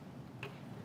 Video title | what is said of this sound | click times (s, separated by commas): Mod Mondays ft. Dish + Robeytech - Intel Gaming | no click just snap okay just pushes on and then not move there oh there we go okay | 0.4 s